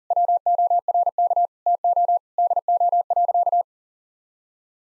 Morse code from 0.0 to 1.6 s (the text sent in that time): WORK